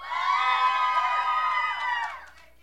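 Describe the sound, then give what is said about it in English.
A church audience cheers and shouts together for the Yankees in a loud, sustained burst of many voices, with a few higher whoops mixed in, lasting about two seconds before fading quickly. “We did that last week, and we got more of a crowd and more of a cheer for Yankees than we did for Jesus.”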